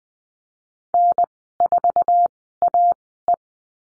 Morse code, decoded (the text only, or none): N4AE